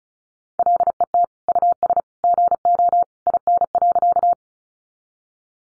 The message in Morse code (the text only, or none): LET US GO IN.